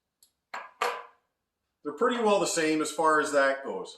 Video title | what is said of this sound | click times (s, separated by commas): Cabinet hinges made simple. Blum and Salice | clicks in the back and lever up again to pull it loose. | 0.5 s, 0.8 s